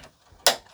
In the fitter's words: I like to hear that click sound. Then I know it's secure.